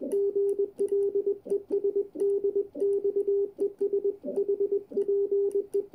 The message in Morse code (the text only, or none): GL ES DX ES HPE